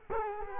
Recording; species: mosquito wingbeat signal from an infrared sensor; Culex quinquefasciatus